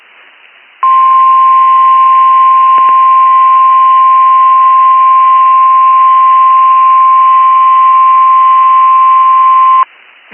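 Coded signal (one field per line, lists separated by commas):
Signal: Emergency Alert System (SAME) tones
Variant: 1050 Hz attention tone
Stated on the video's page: Back-to-back Virginia SAME alerts received from the Hagerstown, Maryland NOAA Weather Radio transmitter.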